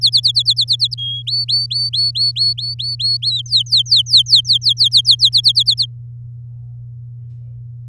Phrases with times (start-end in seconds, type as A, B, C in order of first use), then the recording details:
0.01-0.94 A, 0.98-1.22 B, 1.27-3.42 C, 3.46-5.29 D, 5.32-5.86 A. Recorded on 7 May 2018 at 16:06. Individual llb16